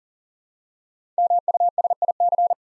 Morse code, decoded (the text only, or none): MUSIC